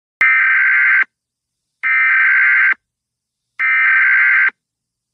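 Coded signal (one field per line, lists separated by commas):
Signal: Emergency Alert System (SAME) tones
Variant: header bursts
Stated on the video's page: Fictional EAS scenario.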